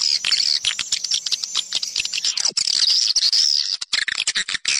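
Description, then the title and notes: Swiftlet chirps, high and squeaky, with a few wavering whistled notes and quick clicks over five seconds. Swiftlet sound used in swiftlet farming in Asia. "Swiflet Bird Sound. Farming Swiflet Bird asia sound"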